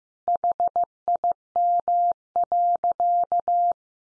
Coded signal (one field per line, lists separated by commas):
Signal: Morse code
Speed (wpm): 15 wpm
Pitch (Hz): 700 Hz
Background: none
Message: HIM.